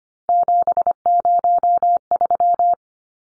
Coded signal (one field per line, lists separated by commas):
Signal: Morse code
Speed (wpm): 25 wpm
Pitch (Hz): 700 Hz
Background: none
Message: 703